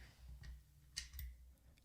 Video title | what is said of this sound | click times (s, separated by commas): Ulanzi G9-5 Metal Vlog Cage for Gopro Hero 10 | and that just locks in place | 1.0 s